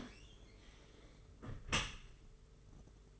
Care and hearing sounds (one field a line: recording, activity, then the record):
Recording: daily activity, microphone in the room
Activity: close dishwasher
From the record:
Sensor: 4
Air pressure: 992.2 hPa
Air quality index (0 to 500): 109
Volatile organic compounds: 18 ppm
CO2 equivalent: 2622 ppm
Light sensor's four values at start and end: 23/78/28/30 and 23/78/28/30